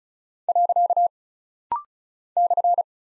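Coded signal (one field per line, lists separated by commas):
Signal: Morse code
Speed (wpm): 36 wpm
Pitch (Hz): 700 Hz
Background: none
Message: . /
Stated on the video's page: Rapid-fire head-copy drill of single punctuation and prosign characters at 35 wpm, each character sent in Morse twice.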